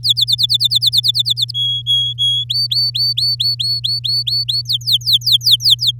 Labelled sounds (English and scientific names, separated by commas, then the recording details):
Domestic Canary (Serinus canaria) song
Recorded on 10 May 2018 at 13:39
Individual llb16